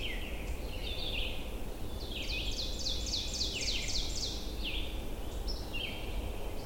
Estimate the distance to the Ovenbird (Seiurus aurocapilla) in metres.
about 50 m